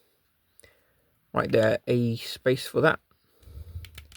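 A plastic part of a Transformers Legacy Metalhawk action figure is handled while being pushed toward its slot during transformation, with a faint tap near 0.6 s and then someone talking. After the talk there is low handling rustle and a few light sharp taps toward the end. Nothing has seated or clicked into place yet.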